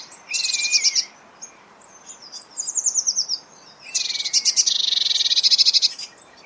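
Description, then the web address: Eurasian blue tit giving rapid, buzzy churrs, a short burst with a lower wavering note, softer trills, then a longer chattering rattle lasting about two seconds. "Deverinetal 2025 File origin Bird Only Cy Ca"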